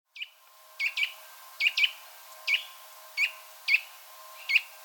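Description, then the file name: Eurasian nuthatch calls, short sharp high notes given singly or in close pairs, repeated across a few seconds, with a faint steady hum underneath. "Sitta europaea"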